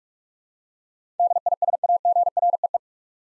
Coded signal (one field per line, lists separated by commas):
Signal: Morse code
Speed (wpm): 46 wpm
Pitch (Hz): 700 Hz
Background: none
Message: DISAGREE